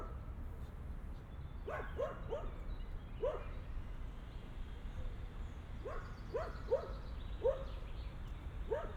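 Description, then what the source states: Dog barking: short yappy barks, singly and in quick runs of three, with a quiet gap midway, over continuous low background noise. Dogs crossing a park on Via Irnerio, Bologna, Italy; recorded by students of the Liceo Musicale L. Bassi di Bologna for the ALEarth project.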